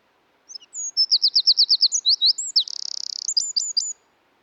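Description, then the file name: Eurasian wren song, a loud high-pitched burst: many rapid repeated notes, then a fast buzzy trill, ending in a few sharp descending notes. "British Library - European Wren Troglodytes troglodytes"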